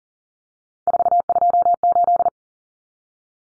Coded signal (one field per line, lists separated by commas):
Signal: Morse code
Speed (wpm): 40 wpm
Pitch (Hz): 700 Hz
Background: none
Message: 428